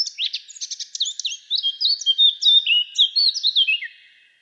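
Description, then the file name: Eurasian blackcap song, a rapid run of varied chirps and whistled notes that fade out at the end. "Sylvia atricapilla"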